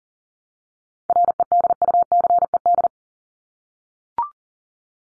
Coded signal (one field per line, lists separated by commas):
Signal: Morse code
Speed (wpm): 40 wpm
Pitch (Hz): 700 Hz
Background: none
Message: REDUCED